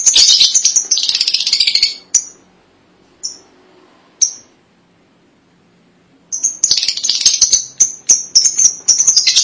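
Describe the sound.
Lovebird with shrill chattering, then a quiet stretch broken by three short high chirps, then renewed rapid piercing chirps.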